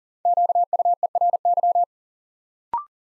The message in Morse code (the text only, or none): QUERY